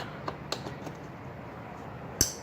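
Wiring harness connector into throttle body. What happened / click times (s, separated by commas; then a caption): The connector snapped onto the throttle body / 2.2 s. While reinstalling a cleaned throttle body on a 2010–2013 Camaro, serviced for a rough idle, a plastic electrical wiring harness connector is pushed onto the throttle body. A few faint light ticks come at about 0.3 and 0.5 s, then a sharp, loud click at 2.2 s as the connector snaps into place and is seated.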